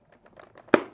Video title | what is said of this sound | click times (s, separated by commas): How to change a visor: HJC C80 motorcycle helmet | push till it clicks | 0.7 s